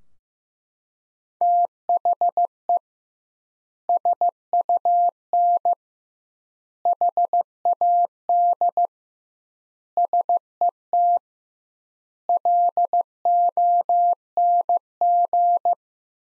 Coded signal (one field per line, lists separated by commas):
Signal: Morse code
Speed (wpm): 15 wpm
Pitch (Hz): 700 Hz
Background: none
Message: THE SUN HAD SET LONG